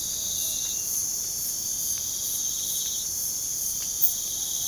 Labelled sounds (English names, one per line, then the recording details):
none
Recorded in pastures near Puerto Asís, Putumayo, Colombia, on 30 June 2025 at 04:30
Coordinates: 0.497, -76.327
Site G040